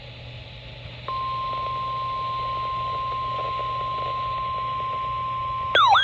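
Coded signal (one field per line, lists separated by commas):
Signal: Emergency Alert System (SAME) tones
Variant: 1050 Hz attention tone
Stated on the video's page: Real NOAA Weather Radio alert from station WXL50 for a severe thunderstorm warning.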